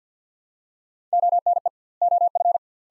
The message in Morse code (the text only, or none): ONE OF